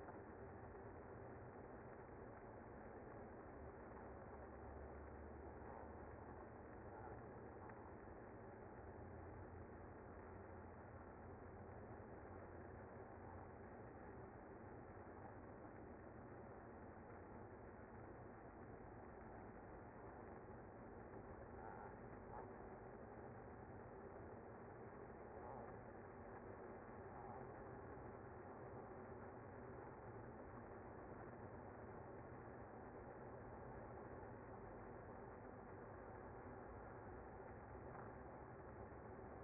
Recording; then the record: honeybee colony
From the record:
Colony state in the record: active